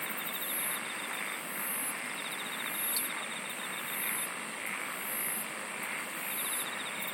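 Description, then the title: Dense insect song, shrill bursts recurring about every second, a steady high hum and intermittent rapid trills, with a brief click near the middle. "SINGING OF INSECTS"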